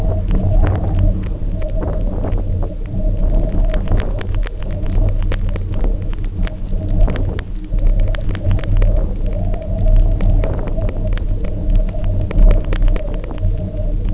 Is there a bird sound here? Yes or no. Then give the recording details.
no. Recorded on Arctic tundra, site UTQI-0, on 27 June 2018. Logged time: 16:00